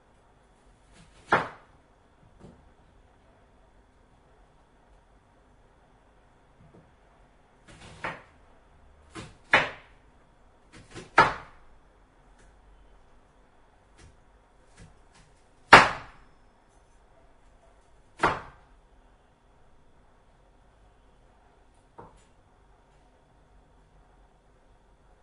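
Washing dishes: sharp clinks and clatters of dishes being handled, scattered irregularly over a quiet background with a faint steady hum. The loudest knocks come near 1.5 and 16 seconds, with a quick cluster around 8 to 11 seconds.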